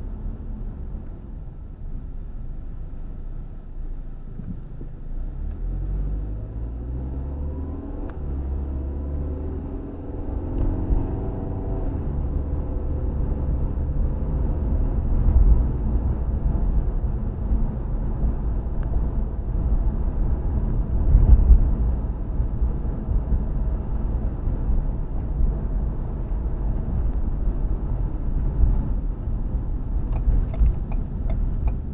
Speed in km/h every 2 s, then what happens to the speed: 16, 3, 10, 21, 31, 39, 45, 48, 48, 48, 47, 45, 44, 42, 35, 24.
0-2 brakes to 3. 3-14 speeds up to 48. 14-26 steady at about 47. 26-32 brakes to 24.